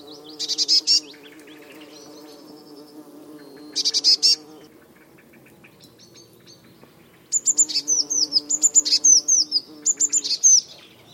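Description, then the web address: Eurasian blue tit churring scolds in brief rattled bursts, followed by a lively series of thin, rapid high notes; a low humming drone persists through much of it. "Deverinetal 2025 File origin Bird Only Cy Ca"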